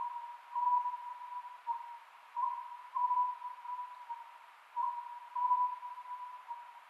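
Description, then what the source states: Oriental scops owl calls, steady low-pitched whistles grouped in short bursts that repeat at a regular rhythm, with a hissing background. Recorded 27 May 2010 at 22:21.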